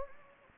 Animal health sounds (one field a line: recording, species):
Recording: mosquito wingbeat signal from an infrared sensor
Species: Anopheles gambiae